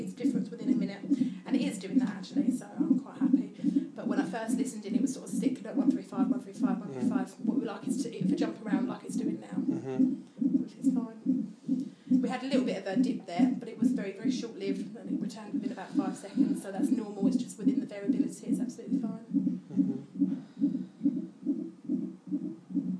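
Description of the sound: Fetal heartbeat on a Doppler monitor at about 140 beats per minute, with speech over it. At first the rate held steady at about 135; it now varies by the expected 5 or more beats within a minute. A brief dip recovered within about 5 seconds, which is normal variability.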